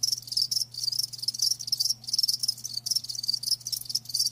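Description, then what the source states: Cricket chirps, shrill bursts separated by short silences, with a low hum beneath. Live crickets chirping; a lulling song.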